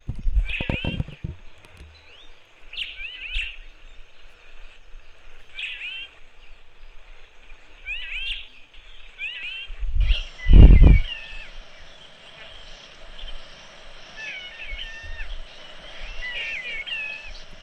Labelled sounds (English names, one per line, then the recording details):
Violet-backed Starling
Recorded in northern Uganda